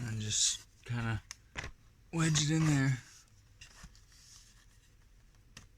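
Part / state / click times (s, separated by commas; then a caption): wooden frame piece into beehive frame groove / not seated / none. Someone talks while wedging a wooden frame piece (a bar or foundation) into the groove of a frame for a 20-frame Vivo beehive, with faint handling taps and scrapes around 1.6, 3.6 and 5.6 seconds. Nothing has seated or clicked into place yet by the end of the clip.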